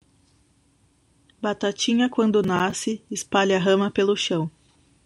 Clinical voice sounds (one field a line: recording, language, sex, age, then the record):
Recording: short text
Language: Brazilian Portuguese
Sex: female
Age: 30 to 39 years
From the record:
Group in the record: control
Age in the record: 39 years